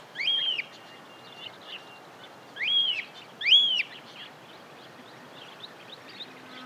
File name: Cockatiel Nymphicus hollandicus